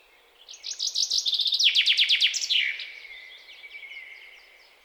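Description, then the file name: Common chaffinch song: a quick, descending trill of bright repeated notes ending in a short flourish, then a faint, fading tail. "Fringilla coelebs"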